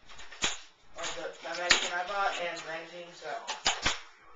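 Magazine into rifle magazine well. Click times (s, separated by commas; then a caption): 0.3 s. A magazine is inserted into the magazine well of a CYMA airsoft rifle and latches with a click at 0.3 s. Someone talks throughout, and further sharp clicks follow near 3.5 s, 3.7 s and 3.9 s.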